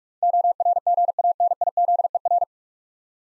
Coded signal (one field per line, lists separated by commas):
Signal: Morse code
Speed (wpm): 44 wpm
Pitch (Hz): 700 Hz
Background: none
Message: ORGANIZER